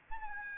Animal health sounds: mosquito wingbeat signal from an infrared sensor; Aedes albopictus

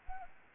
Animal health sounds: mosquito wingbeat signal from an infrared sensor; Anopheles arabiensis

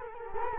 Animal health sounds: mosquito wingbeat signal from an infrared sensor; Culex quinquefasciatus

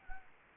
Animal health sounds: mosquito wingbeat signal from an infrared sensor; Anopheles arabiensis

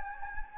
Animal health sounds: mosquito wingbeat signal from an infrared sensor; Anopheles gambiae

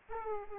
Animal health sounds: mosquito wingbeat signal from an infrared sensor; Aedes aegypti

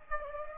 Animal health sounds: mosquito wingbeat signal from an infrared sensor; Aedes aegypti

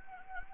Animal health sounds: mosquito wingbeat signal from an infrared sensor; Anopheles arabiensis

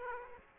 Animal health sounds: mosquito wingbeat signal from an infrared sensor; Aedes aegypti

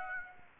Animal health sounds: mosquito wingbeat signal from an infrared sensor; Aedes aegypti

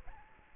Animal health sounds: mosquito wingbeat signal from an infrared sensor; Aedes aegypti

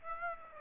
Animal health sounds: mosquito wingbeat signal from an infrared sensor; Aedes aegypti

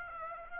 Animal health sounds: mosquito wingbeat signal from an infrared sensor; Aedes aegypti

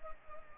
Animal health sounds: mosquito wingbeat signal from an infrared sensor; Culex pipiens

